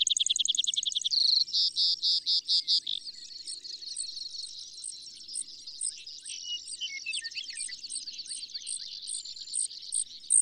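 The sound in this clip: Bird song opening with loud, rapid high trills that fade into softer twittering, then sharp repeated high notes spaced about half a second apart.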